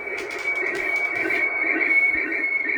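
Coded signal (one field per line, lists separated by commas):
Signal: SSTV (slow-scan television)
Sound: steady warbling high tone wavering around one pitch, over faint radio hiss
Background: radio static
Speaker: It should be painting across the screen right now.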